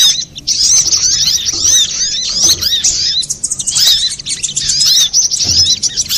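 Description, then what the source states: Little spiderhunter song: rapid high-pitched chattering twitters run on continuously, pausing only briefly, with faint low knocks in the background. Master recording used for training cage birds, labelled Labaik.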